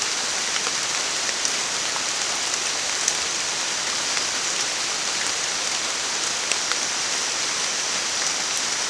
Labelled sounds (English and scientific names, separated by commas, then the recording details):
none
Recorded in dense forest near Puerto Asís, Putumayo, Colombia, on 27 June 2025 at 16:30
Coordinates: 0.468, -76.322
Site GP03